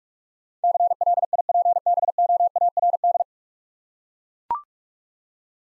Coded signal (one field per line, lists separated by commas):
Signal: Morse code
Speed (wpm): 44 wpm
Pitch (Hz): 700 Hz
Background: none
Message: CLIPBOARD